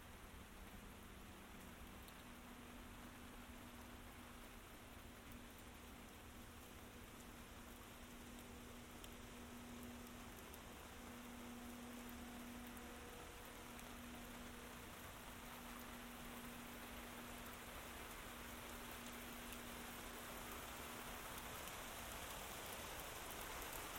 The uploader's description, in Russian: звуками ночного ливня, грома, текущих потоков воды